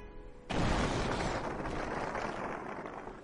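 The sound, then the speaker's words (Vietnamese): A distant explosion bursts in suddenly after a brief quiet moment, a deep booming blast that turns into a long, rumbling roar and slowly fades without dying out. “Trong khi chớp mắt hắn ẩn thân, tiếng nổ vang kịch liệt nơi phương xa mơ hồ truyền tới.”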